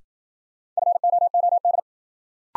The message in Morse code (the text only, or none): FOOD